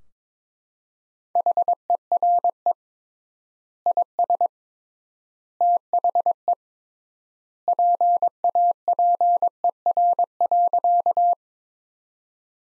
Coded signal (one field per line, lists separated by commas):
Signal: Morse code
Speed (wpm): 22 wpm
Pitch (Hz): 700 Hz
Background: none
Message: HERE IS THE PAPER.